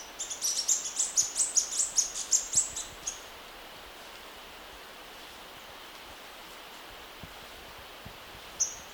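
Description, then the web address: Orange-crested flycatcher calling, a rapid run of about a dozen very high, thin notes over three seconds, then quiet with one last high note near the end. Ecuador. "Birds of Ecuador Orange-crested Flycatcher"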